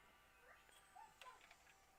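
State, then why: Not seated. A plastic AV port piece is pressed by hand onto a console casing through a slit in its bottom, but it has been put on the wrong way round. Only faint, brief taps are heard around 0.7, 1.2 and 1.5 seconds over a low, steady background. The piece has not snapped or clicked into place.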